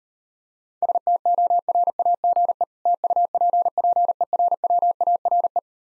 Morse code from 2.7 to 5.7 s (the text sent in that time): TUPPERWARE